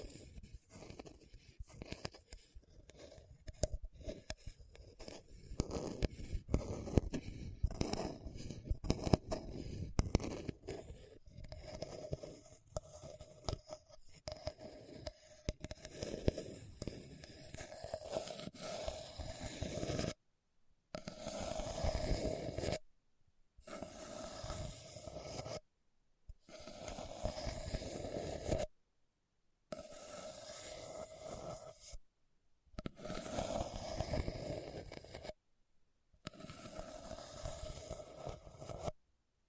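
Scratching on a hard, bumpy surface, rough and grainy, with dense clicks and knocks through the first twenty seconds. After that the scraping comes in separate strokes of two to three seconds each, split by short, complete silences, with a steady mid-pitched rasp running through each stroke.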